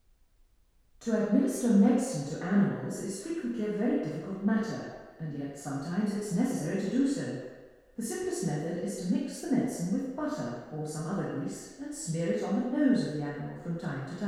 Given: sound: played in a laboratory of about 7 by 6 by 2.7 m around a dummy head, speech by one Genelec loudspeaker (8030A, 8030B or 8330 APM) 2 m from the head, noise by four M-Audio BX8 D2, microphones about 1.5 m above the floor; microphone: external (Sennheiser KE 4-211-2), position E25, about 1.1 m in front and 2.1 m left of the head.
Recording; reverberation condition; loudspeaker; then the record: female speech in English; high; 30 degrees to the left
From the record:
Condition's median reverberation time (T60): about 1300 ms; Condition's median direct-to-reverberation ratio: about -4.0 dB